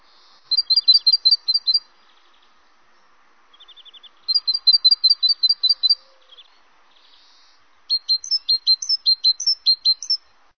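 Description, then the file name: Great tit singing: three bursts of rapid, high, two-note whistled phrases, each repeated several times, separated by short pauses in an otherwise quiet background. "Mesange charbonniere"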